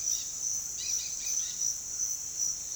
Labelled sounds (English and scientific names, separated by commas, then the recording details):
Dusky-headed Parakeet (Aratinga weddellii)
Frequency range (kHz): Dusky-headed Parakeet (Aratinga weddellii) 1.4-6.4 kHz
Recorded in pastures near Puerto Asís, Putumayo, Colombia, on 29 June 2025 at 07:00
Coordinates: 0.502, -76.324
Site G010